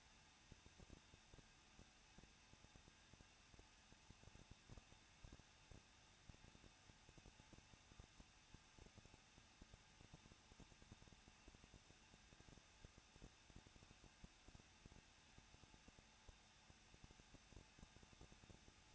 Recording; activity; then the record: daily activity, microphone in the room; no activity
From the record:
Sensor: 2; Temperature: 21.0 degrees Celsius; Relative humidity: 37.5%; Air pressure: 1006.2 hPa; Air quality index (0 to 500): 223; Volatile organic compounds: 25 ppm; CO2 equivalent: 2839 ppm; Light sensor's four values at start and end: 2/3/2/2 and 2/3/2/2